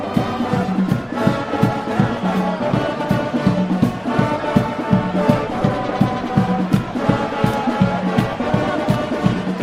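A crowd of South African football fans in Soweto blows droning vuvuzela horns over a marching band, with a steady pounding drumbeat and dense, buzzing brass harmonies filling the whole stretch without pause.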